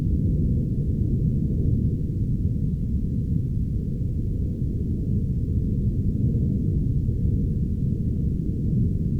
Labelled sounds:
aircraft
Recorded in the Arctic National Wildlife Refuge, Alaska, on 16 August 2019 at 02:38
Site 40

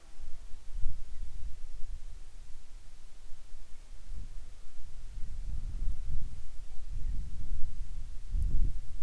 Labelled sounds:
wind
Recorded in the Arctic National Wildlife Refuge, Alaska, on 10 July 2019 at 18:41
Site 44

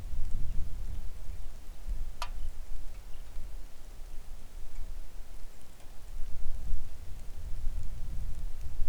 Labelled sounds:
songbird
wind
rain
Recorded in the Arctic National Wildlife Refuge, Alaska, on 3 August 2019 at 09:59
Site 41

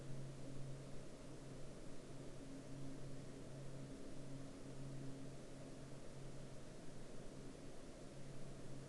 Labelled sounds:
aircraft
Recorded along the Dempster Highway, Canada, on 16 October 2019 at 22:43
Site 20

